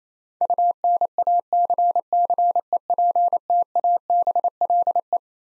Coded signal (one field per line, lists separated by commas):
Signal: Morse code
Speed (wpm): 28 wpm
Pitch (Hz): 700 Hz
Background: none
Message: UNACCEPTABLE